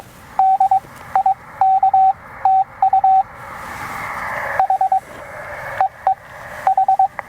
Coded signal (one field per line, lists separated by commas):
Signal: Morse code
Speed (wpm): 22 wpm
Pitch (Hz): 770 Hz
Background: radio noise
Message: DIK TU H EE H